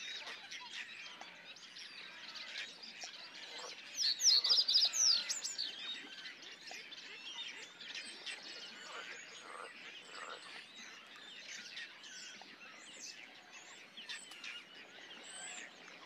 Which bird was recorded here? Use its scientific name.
Emberiza schoeniclus